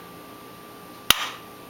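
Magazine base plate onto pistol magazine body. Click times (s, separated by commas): 1.1 s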